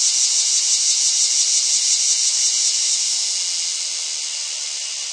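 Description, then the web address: Cicadas producing a sustained, piercing buzz with a rapid pulsing texture, gently fading in loudness toward the end. "SFXSource AOS Cicadas"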